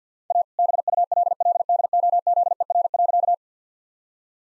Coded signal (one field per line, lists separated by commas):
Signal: Morse code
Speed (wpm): 50 wpm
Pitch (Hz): 700 Hz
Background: none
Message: A BULLDOZER.